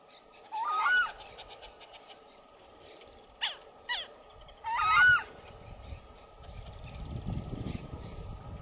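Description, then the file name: Southern screamer calls: two loud, harsh honking bursts with two briefer calls between, over a steady background hum. "canto da anhuma poca"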